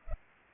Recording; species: mosquito wingbeat signal from an infrared sensor; Culex pipiens